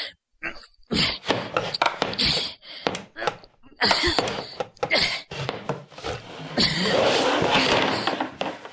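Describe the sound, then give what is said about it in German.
Wooden chair legs thump and scrape in a rapid, irregular struggle, with sharp knocks and creaks clustered together, followed by a longer rough scraping at the end, as a person tied up with tight bonds struggles with a stubborn chair. “Ich kämpfe mit einem widerspenstigen Stuhl.”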